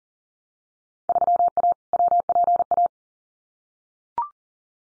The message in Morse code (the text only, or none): 3A WPA